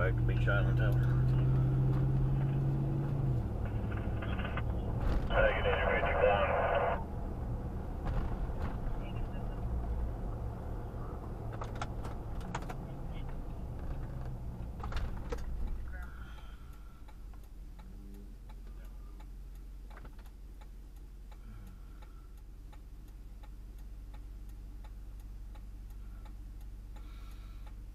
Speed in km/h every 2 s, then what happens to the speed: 45, 53, 55, 53, 53, 52, 40, 23, 6, 0, 0, 0, 0, 0.
0-3 speeds up to 55. 3-10 steady at about 53. 10-17 brakes to 0. 17-28 standing.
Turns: none.